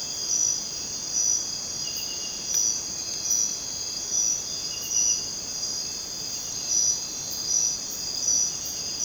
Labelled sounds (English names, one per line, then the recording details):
none
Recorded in dense forest near Puerto Asís, Putumayo, Colombia, on 23 June 2025 at 01:30
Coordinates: 0.484, -76.317
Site G045